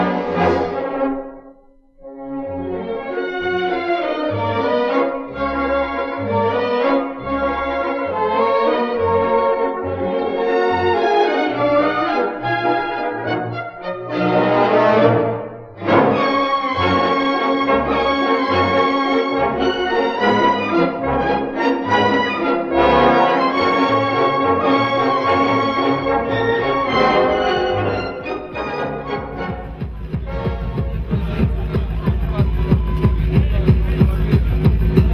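A festive street parade with lively band music: a steady thumping beat under dense, bright melodic playing. The music drops out briefly near the start and again around fifteen seconds, then carries on, with a deep rumble growing toward the end.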